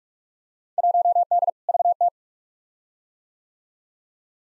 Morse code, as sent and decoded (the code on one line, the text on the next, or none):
.---- -.. / ...- -
1D VT